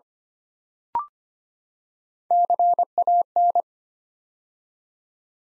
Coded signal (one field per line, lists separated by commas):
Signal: Morse code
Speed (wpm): 25 wpm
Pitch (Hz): 700 Hz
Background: none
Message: CAN